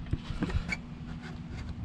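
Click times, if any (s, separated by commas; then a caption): none. An upper plastic PCV hose quick-connector is handled and pushed toward the big-bore turbo inlet on a 1.4T engine, giving a few short, faint knocks and taps over a low steady hum. Nothing has seated or clicked yet.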